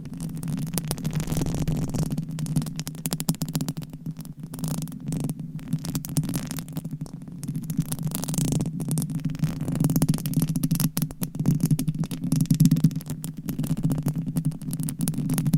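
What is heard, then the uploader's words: Nails scratch steadily across a covered microphone, a dense rasping that runs without pause for the whole stretch. A low, throbbing hum sits underneath throughout, and the scratching swells in loudness around the middle and again near the end. Mic Scratching - Brain Scratching with DIFFERENT MICS Covers & Nails. No Talking.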